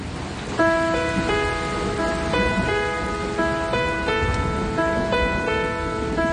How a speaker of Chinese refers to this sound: 听到啲咩声？听到啲下雨声啊！听见下雨的声音。